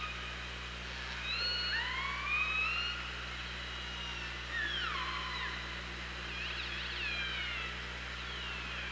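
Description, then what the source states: Orca calls: overlapping rising tonal calls with harmonics, a descending call, then a cluster of quick up-and-down sweeps, against hissing underwater background. OrcaLab hydrophone, 24 August 2017, at about 07:56.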